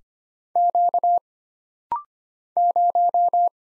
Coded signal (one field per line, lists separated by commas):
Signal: Morse code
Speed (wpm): 25 wpm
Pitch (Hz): 700 Hz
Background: none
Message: Q 0